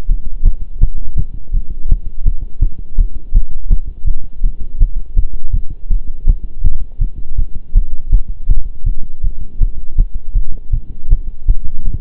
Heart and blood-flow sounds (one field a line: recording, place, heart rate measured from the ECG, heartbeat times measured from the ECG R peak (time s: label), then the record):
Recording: heart sounds by stethoscope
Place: between the tricuspid and mitral areas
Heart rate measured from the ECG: 163 bpm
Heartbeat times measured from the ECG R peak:
0.09 s: heartbeat
0.45 s: heartbeat
0.81 s: heartbeat
1.17 s: heartbeat
1.53 s: heartbeat
1.90 s: heartbeat
2.26 s: heartbeat
2.62 s: heartbeat
2.98 s: heartbeat
3.35 s: heartbeat
3.70 s: heartbeat
4.07 s: heartbeat
4.44 s: heartbeat
4.80 s: heartbeat
5.17 s: heartbeat
5.53 s: heartbeat
5.90 s: heartbeat
6.27 s: heartbeat
6.64 s: heartbeat
7.01 s: heartbeat
7.38 s: heartbeat
7.75 s: heartbeat
8.12 s: heartbeat
8.49 s: heartbeat
8.86 s: heartbeat
9.23 s: heartbeat
9.61 s: heartbeat
9.98 s: heartbeat
10.35 s: heartbeat
10.73 s: heartbeat
11.10 s: heartbeat
11.48 s: heartbeat
11.86 s: heartbeat
From the record:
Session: pedaling a stationary bicycle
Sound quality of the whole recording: partially saturated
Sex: male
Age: 23 years